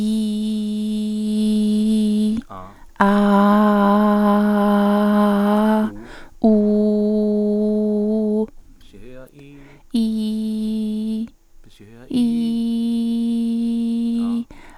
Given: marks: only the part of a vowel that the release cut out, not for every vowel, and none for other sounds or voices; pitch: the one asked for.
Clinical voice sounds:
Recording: sustained vowels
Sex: female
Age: 30 to 39 years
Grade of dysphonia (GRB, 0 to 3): 2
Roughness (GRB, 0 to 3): 1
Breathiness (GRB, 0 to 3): 2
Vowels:
0.00-1.28 s: vowel /i/, normal pitch
3.38-5.31 s: vowel /a/, normal pitch
6.66-8.26 s: vowel /u/, normal pitch
12.54-14.16 s: vowel /i/, high pitch
From the record:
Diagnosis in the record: hyperfunctional dysphonia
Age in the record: 33 years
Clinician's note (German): Leichte Form bei Stimmberuf

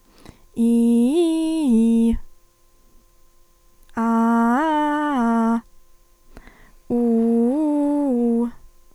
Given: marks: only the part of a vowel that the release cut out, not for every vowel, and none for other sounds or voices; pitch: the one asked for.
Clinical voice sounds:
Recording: sustained vowels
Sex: female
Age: 20 to 29 years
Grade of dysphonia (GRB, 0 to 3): 1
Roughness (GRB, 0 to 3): 1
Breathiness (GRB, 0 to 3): 0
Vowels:
0.76-1.99 s: vowel /i/, low-high-low pitch
4.11-5.46 s: vowel /a/, low-high-low pitch
7.09-8.31 s: vowel /u/, low-high-low pitch
From the record:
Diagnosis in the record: healthy voice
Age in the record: 21 years

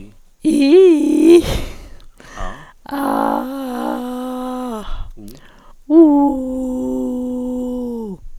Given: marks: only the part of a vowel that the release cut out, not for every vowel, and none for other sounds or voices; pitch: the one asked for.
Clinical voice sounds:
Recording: sustained vowels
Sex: female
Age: 60 to 69 years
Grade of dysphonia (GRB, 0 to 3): 3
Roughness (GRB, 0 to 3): 3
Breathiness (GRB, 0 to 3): 2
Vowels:
0.72-1.33 s: vowel /i/, low-high-low pitch
3.07-4.65 s: vowel /a/, low-high-low pitch
6.03-7.94 s: vowel /u/, low-high-low pitch
From the record:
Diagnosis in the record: recurrent laryngeal nerve paralysis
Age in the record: 61 years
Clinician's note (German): Frische mit unvollständiger hyperfunktioneller Kompensation nach Elektrotherapie

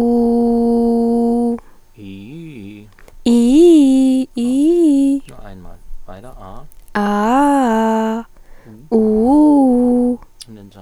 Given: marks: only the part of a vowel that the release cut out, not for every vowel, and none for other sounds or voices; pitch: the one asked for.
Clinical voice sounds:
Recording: sustained vowels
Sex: female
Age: 20 to 29 years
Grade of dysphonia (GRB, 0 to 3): 1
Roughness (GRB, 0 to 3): 0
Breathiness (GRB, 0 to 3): 1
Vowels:
0.25-1.45 s: vowel /u/, low pitch
3.34-4.14 s: vowel /i/, low-high-low pitch
7.04-8.07 s: vowel /a/, low-high-low pitch
9.05-10.05 s: vowel /u/, low-high-low pitch
From the record:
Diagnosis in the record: recurrent laryngeal nerve paralysis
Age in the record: 24 years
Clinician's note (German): Zustand nach partieller links (gering eingeschränkt), jetzt allerdings vollkommen symmetrisches Schwingungsbild

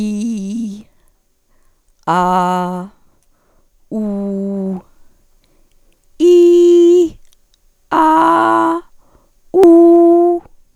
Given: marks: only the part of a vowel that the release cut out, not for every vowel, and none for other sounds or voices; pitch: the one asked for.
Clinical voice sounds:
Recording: sustained vowels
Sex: female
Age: 40 to 49 years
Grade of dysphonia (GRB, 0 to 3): 0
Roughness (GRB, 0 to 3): 0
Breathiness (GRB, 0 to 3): 0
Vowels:
0.00-0.69 s: vowel /i/, normal pitch
2.13-2.71 s: vowel /a/, normal pitch
4.00-4.72 s: vowel /u/, normal pitch
6.28-7.01 s: vowel /i/, high pitch
9.66-10.20 s: vowel /u/, high pitch
From the record:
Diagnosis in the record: hyperfunctional dysphonia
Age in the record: 49 years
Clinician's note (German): Ponogen

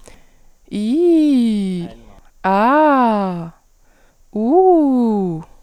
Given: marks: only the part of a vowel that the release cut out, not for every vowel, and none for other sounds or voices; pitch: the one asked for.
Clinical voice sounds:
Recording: sustained vowels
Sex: female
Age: 20 to 29 years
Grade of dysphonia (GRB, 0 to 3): 0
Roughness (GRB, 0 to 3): 0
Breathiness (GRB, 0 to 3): 0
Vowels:
0.80-1.76 s: vowel /i/, low-high-low pitch
2.49-3.25 s: vowel /a/, low-high-low pitch
4.40-5.30 s: vowel /u/, low-high-low pitch
From the record:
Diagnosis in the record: healthy voice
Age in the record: 20 years

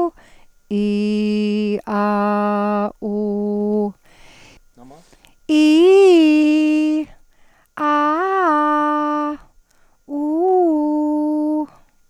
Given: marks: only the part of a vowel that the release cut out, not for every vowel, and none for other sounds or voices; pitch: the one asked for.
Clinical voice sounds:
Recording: sustained vowels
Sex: female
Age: 40 to 49 years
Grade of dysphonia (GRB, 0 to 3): 0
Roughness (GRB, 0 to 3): 0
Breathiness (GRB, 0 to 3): 0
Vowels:
0.83-1.69 s: vowel /i/, low pitch
1.98-2.79 s: vowel /a/, low pitch
3.11-3.83 s: vowel /u/, low pitch
5.62-6.75 s: vowel /i/, low-high-low pitch
7.87-9.19 s: vowel /a/, low-high-low pitch
10.21-11.44 s: vowel /u/, low-high-low pitch
From the record:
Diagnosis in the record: Reinke's edema, hyperfunctional dysphonia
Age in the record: 41 years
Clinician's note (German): Zustand nach Abtragung

